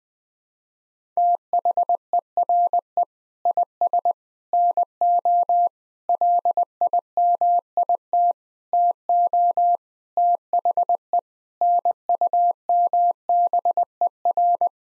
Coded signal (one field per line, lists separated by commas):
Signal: Morse code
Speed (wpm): 21 wpm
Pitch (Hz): 700 Hz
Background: none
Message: THERE IS NO LIMIT TO THE NUMBER